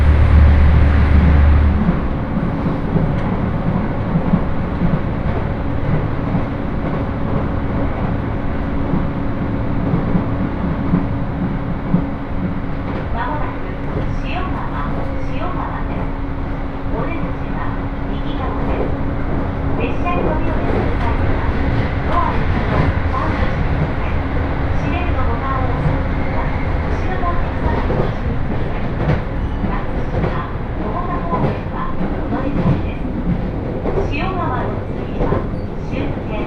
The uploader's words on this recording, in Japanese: 仙石東北ライン快速 高城町→仙台。